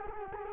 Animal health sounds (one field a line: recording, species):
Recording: mosquito wingbeat signal from an infrared sensor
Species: Culex quinquefasciatus